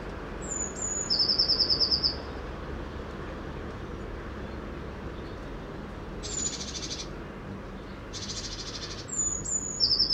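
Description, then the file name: Eurasian blue tit song phrases, high piercing introductory notes leading into a fast tinkling trill, heard at the start and again at the end, with two harsh bursts of noise in the gap. "Cyanistes caeruleus"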